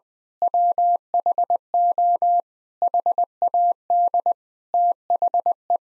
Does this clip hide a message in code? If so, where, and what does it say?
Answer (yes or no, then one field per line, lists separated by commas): yes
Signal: Morse code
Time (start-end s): 0.4-5.8 s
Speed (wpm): 20 wpm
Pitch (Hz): 700 Hz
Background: none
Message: WHO HAD THE